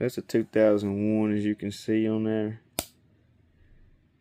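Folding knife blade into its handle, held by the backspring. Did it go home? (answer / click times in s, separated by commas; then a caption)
yes / 2.8 s. Someone talks while handling a 2001 slip-joint pocketknife with serrated blades, then at 2.8 s the blade snaps into place in its handle, driven home by the backspring, with a single loud, sharp click. The blade seats firmly, and the crisp snap is taken as a sign of good older build quality.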